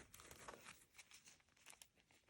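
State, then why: Not seated. The back of a rivet is pressed by hand onto its post through a fabric cover. Only faint crinkling and a few soft ticks are heard. The rivet back has not popped on yet.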